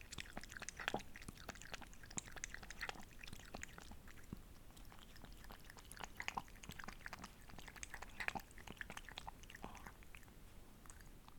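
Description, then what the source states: Cat drinking, faint rapid lapping clicks repeating steadily through the whole stretch, quiet and wet. Drinking water.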